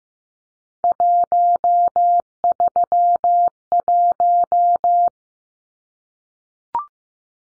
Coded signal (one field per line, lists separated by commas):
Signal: Morse code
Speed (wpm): 15 wpm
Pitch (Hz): 700 Hz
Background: none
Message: 131